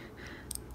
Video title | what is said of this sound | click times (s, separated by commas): Dollar Store Stamp Carving - the Dollar Tree Edition | a piece that pops in there and if you get it to pop in there it makes it more secure so when you're pressing on | 0.5 s, 0.6 s